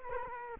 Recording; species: mosquito wingbeat signal from an infrared sensor; Culex quinquefasciatus